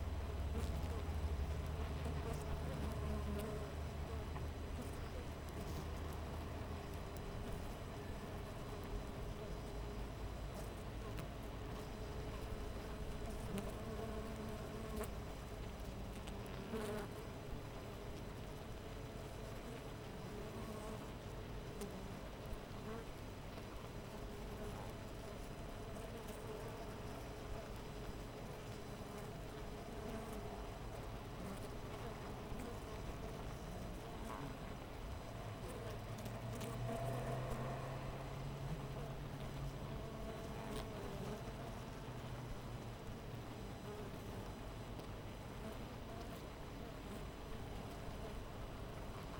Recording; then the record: honeybee colony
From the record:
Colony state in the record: missing queen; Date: 14 July 2017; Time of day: 5:46